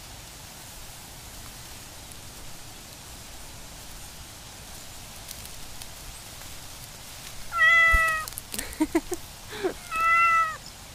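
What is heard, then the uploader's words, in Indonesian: A small backyard garden on an afternoon, with a soft, steady low hiss filling the first seven seconds. Close by, a cat meows near the eight-second mark, makes a few short clipped sounds, then gives another clear meow around ten seconds. Kebun Kecil di Belakang Rumah. Sebuah pengalaman audio yang akan membawamu untuk menikmati hangatnya sore hari di kebun kecil belakang rumah.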